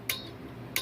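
A click-type torque wrench tightens a top-end bolt on an ATV engine, clicking sharply at 0.1 s as the bolt reaches its torque value. A second similar sharp click follows at 0.8 s over a low steady background.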